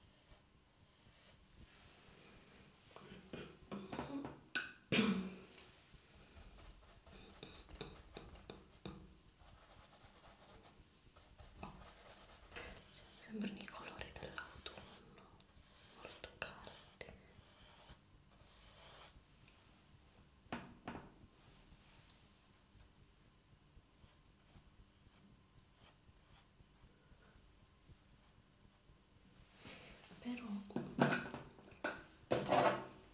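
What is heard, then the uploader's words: Soft brush strokes scrape and rub across a surface, coming in short irregular bursts with brief pauses between. Louder, fuller strokes stand out near five seconds and again around thirty-one to thirty-three seconds. ASMR Painting.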